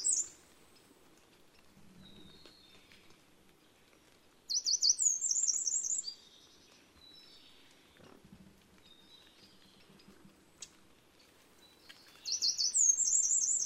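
Eurasian wren song in short, loud bursts of high, rapid trills, with quieter stretches and faint background noise between the phrases.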